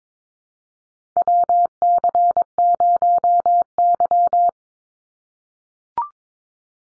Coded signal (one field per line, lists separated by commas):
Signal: Morse code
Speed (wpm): 22 wpm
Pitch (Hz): 700 Hz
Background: none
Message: WC0Y